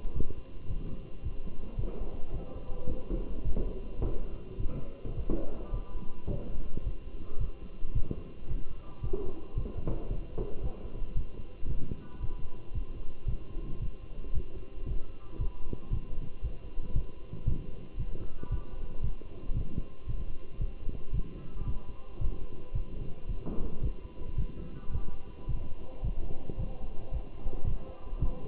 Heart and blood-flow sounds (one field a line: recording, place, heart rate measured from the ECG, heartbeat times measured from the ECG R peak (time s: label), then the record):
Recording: heart sounds by stethoscope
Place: between the tricuspid and mitral areas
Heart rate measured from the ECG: 111 bpm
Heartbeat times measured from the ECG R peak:
0.15 s: heartbeat
0.70 s: heartbeat
1.24 s: heartbeat
1.79 s: heartbeat
2.34 s: heartbeat
2.89 s: heartbeat
3.45 s: heartbeat
4.02 s: heartbeat
4.60 s: heartbeat
5.17 s: heartbeat
5.74 s: heartbeat
6.30 s: heartbeat
6.85 s: heartbeat
7.41 s: heartbeat
7.95 s: heartbeat
8.49 s: heartbeat
9.03 s: heartbeat
9.57 s: heartbeat
10.11 s: heartbeat
10.63 s: heartbeat
11.17 s: heartbeat
11.70 s: heartbeat
12.22 s: heartbeat
12.75 s: heartbeat
13.28 s: heartbeat
13.82 s: heartbeat
14.35 s: heartbeat
14.88 s: heartbeat
15.41 s: heartbeat
15.93 s: heartbeat
16.44 s: heartbeat
16.96 s: heartbeat
17.47 s: heartbeat
17.99 s: heartbeat
18.52 s: heartbeat
19.04 s: heartbeat
19.56 s: heartbeat
20.08 s: heartbeat
20.61 s: heartbeat
21.14 s: heartbeat
21.67 s: heartbeat
22.21 s: heartbeat
22.75 s: heartbeat
23.29 s: heartbeat
23.83 s: heartbeat
24.38 s: heartbeat
24.93 s: heartbeat
25.49 s: heartbeat
26.04 s: heartbeat
26.59 s: heartbeat
27.13 s: heartbeat
27.67 s: heartbeat
28.22 s: heartbeat
From the record:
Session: walking at 3.7 km/h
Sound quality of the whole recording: good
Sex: male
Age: 27 years